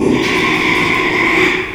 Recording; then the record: squeal of a Yucatan mini pig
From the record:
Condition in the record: after surgery on the right vocal fold (resection and tissue-engineered implant); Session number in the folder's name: 1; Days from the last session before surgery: 6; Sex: male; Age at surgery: 12 weeks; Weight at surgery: 13 kg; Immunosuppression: cyclosporine, prednisolone